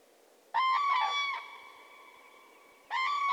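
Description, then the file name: Common crane giving two resonant bugling calls, the first drawn out and fading into an echo, the second starting just before the end. "grus grus"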